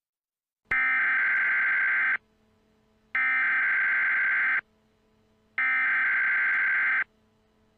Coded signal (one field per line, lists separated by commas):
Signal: Emergency Alert System (SAME) tones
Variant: header bursts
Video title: EAS Scenario 23: Black hole (March 1st! special)